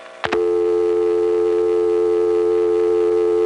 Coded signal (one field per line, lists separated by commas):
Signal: telephone call progress tone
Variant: North America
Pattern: dial tone